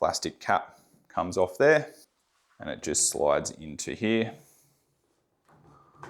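Someone talks while the plastic cap is taken off an Ego POWER+ 56v Multi-Tool hedge trimmer attachment and its shaft is slid toward the multi-tool power head coupling. Faint handling noises follow near the end, with a short sharp tick at about 6.0 s. The shaft has not clicked into place or seated yet.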